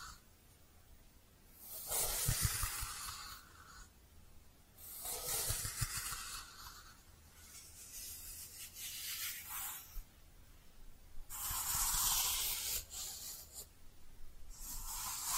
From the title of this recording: Cozy Brushing, Squishy Triggers